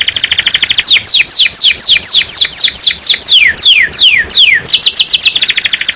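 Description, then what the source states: Domestic canary song with a rapid series of sweeping downslurred notes, several per second, between bright, buzzy high trills. Domestic canary in gacor form, singing constantly; described as a first-place contest champion.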